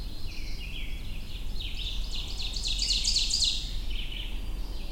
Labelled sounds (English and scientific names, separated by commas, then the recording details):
Ovenbird (Seiurus aurocapilla) song
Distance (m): 20 m
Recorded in boreal forest in Alberta, Canada, on 22 June 2016 at 08:28
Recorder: SongMeter 3, array SBT-6-76
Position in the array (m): 19 m, 112 m
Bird 2